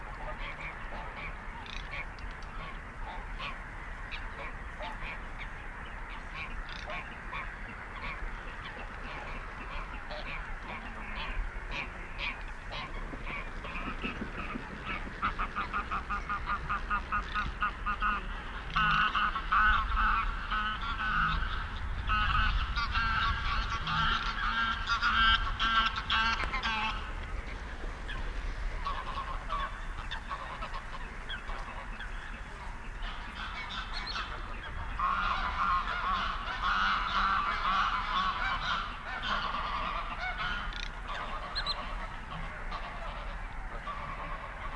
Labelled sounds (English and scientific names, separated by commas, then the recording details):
Garganey (Spatula querquedula) call
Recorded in the wild
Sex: male
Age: adult
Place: Kützerhof, Kummerower See, Mecklenburg-Vorpommern, DE
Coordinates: 53.8506, 12.8789
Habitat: wetland
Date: 2009-05-06 21:50
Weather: cloudy, 10°C, almost no wind
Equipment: Sound Devices 702, Sennheiser MKH 70, Rycote Windschutz
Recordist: Frommolt, Karl-Heinz